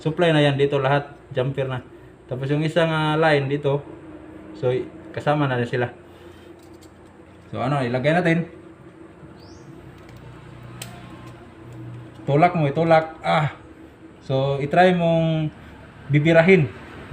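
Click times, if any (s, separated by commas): 10.8 s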